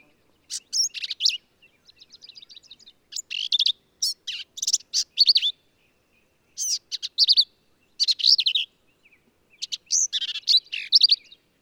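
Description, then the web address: Black-capped vireo singing jumbled phrases of rough buzzy notes and squeaky slurs, with a soft series of ticks and short pauses between phrases. "birdsongforthecurious Black-capped Vireo"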